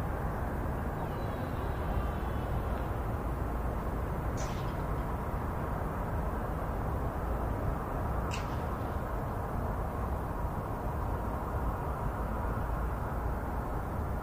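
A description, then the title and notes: A steady low roar fills a foggy harbor town evening, with two brief high chirps, likely birds, near four and eight seconds. Foggy Harbor Town. The serene and relaxing sounds of a Northeastern harbor town on a very grey, foggy evening.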